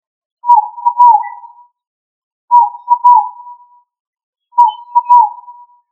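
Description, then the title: Pigeon giving soft, hollow whistled coos, each a short double-pulsed phrase that trails off, repeated about every two seconds, three phrases in all. "Familia ColumbidaePomba"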